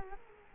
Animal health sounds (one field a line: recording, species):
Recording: mosquito wingbeat signal from an infrared sensor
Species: Culex quinquefasciatus